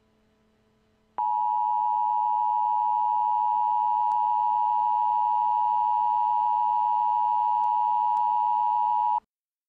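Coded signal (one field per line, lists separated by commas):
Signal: Emergency Alert System (SAME) tones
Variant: 853 and 960 Hz attention tone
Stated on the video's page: Fictional EAS scenario, a simulated alert.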